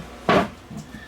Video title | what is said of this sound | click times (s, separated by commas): Arcam AVR300 receiver. | This connector back here isn't even connected. It's broken. It won't lock in place. | none